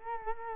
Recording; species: mosquito wingbeat signal from an infrared sensor; Culex quinquefasciatus